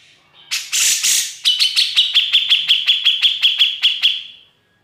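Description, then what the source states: Grey-cheeked bulbul calling with a raspy burst followed by an even, quick series of clipped high notes that fades away at the end. Masteran training recording, used for tutoring songbirds.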